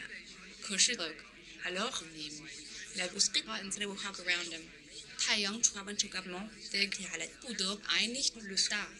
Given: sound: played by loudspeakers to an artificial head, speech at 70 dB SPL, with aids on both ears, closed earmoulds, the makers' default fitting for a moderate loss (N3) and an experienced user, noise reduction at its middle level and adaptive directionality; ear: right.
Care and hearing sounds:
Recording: speech test signal (ISTS) in cocktail-party noise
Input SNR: +6 dB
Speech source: on the right (90 degrees)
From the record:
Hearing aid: class 1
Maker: H

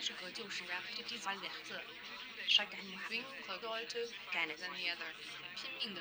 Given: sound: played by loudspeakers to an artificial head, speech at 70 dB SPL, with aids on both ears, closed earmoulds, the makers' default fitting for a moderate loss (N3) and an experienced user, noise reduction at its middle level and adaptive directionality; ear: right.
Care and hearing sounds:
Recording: speech test signal (ISTS) in cocktail-party noise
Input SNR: 0 dB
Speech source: on the right (90 degrees)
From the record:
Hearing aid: class 2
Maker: F

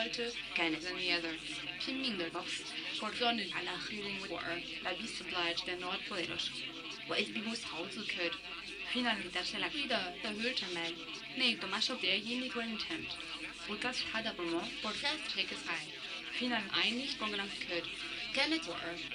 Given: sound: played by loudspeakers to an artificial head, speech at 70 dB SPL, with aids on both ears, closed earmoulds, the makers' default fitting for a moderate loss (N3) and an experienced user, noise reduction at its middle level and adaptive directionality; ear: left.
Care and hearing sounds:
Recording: speech test signal (ISTS) in cocktail-party noise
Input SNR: +9 dB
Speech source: on the right (90 degrees)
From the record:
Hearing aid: class 2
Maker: D

